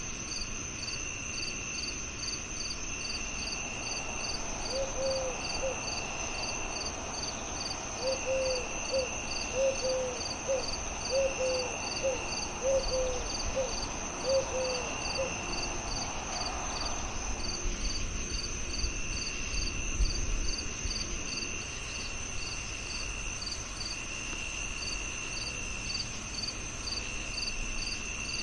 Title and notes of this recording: Dreamy Crickets, Singing Owls & Soft Nature Sounds On A Peaceful Summer Night. The tranquil murmur of the crickets and owls to the gentle breeze whispering through the trees, on a graceful summer night